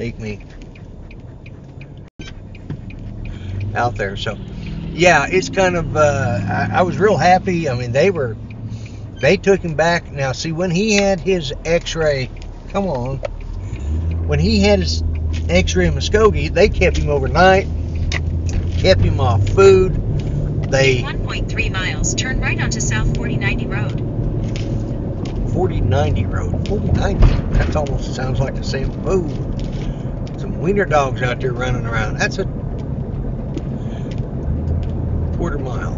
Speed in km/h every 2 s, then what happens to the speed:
3, 6, 3, 2, 2, 3, 11, 18, 24, 31, 37, 42, 45, 48, 44, 44, 45, 47.
0-6 steady at about 3. 6-8 standing. 11-25 speeds up to 48. 25-36 steady at about 45.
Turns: 10-17.